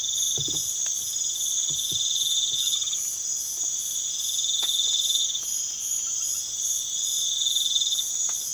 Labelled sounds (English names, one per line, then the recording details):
none
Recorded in pastures near Puerto Asís, Putumayo, Colombia, on 12 March 2025 at 01:00
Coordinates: 0.487, -76.322
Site G077